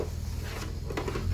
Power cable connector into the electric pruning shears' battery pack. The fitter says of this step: 딱 소리 나게 네. 집어넣죠?